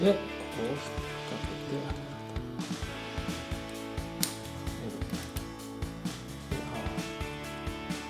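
During a PS4 controller circle and triangle button repair, an internal part is hooked at one end and pushed in the right direction toward its place in the plastic shell. Someone talks over background music while light handling knocks are heard. Nothing has seated or clicked yet.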